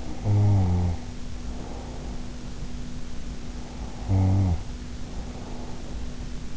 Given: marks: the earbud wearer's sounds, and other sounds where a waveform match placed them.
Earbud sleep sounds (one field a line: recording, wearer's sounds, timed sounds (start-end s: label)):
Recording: sounds in sleep by an in-ear microphone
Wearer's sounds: snoring breath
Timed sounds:
0.00-2.37 s: snoring breath
3.45-6.23 s: snoring breath